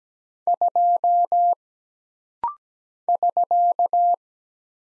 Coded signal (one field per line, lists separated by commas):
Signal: Morse code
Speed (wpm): 17 wpm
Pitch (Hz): 700 Hz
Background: none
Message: 2 <SK>